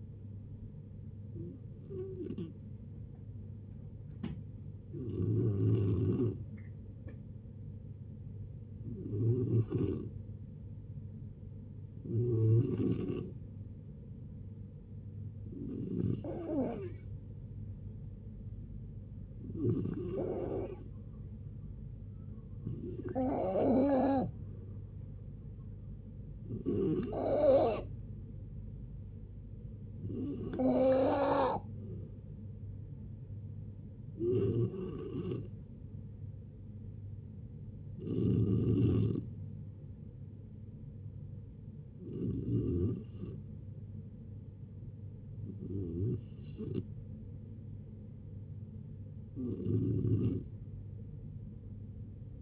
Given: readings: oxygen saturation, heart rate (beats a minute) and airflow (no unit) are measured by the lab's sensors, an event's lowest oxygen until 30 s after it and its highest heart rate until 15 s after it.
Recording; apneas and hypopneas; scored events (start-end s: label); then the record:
a person awake in a sleep study, by a smartphone at the bedside; none
0.00-52.42 s: awake
0.00-52.42 s: awake
From the record:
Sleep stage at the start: awake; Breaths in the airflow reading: 23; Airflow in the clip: -0.6 to 0.7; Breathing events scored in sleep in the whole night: 496 in 5.4 hours asleep